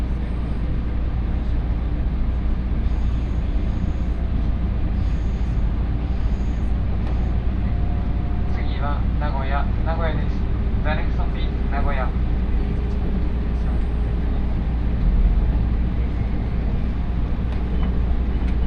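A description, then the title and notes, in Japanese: A local train runs steadily along the line, its dense low rumble and hum constant from start to finish. Around the middle, for about four seconds, a voice speaks over the noise, perhaps an onboard announcement, before the ride's roar continues unchanged. 東海道本線各駅停車 岐阜→名古屋。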